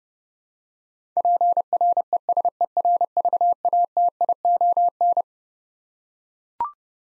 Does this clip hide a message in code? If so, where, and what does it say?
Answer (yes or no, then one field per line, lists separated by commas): yes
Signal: Morse code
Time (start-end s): 1.2-5.2 s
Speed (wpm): 30 wpm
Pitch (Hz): 700 Hz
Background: none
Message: PRESERVATION